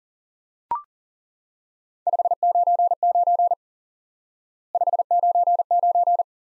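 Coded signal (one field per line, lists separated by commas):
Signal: Morse code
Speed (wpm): 40 wpm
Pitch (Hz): 700 Hz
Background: none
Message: 599 599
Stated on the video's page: Morse lesson drilling the single QSO element "5NN" repeatedly for instant word recognition practice.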